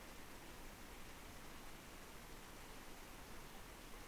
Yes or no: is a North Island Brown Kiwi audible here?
no